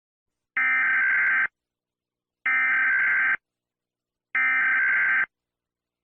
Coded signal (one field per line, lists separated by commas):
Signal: Emergency Alert System (SAME) tones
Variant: header bursts